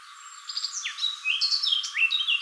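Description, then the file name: Eurasian blackcap singing a fast, varied warble of high, clear notes, some sharply falling and some rising, with hardly a pause between phrases. "Sylvia atricapilla"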